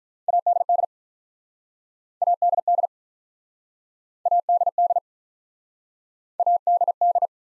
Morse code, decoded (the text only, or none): ADD ADD ADD ADD